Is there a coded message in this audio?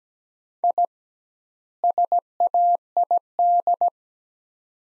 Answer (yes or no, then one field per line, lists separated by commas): yes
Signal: Morse code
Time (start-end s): 0.6-3.9 s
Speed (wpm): 17 wpm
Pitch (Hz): 700 Hz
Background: none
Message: I SAID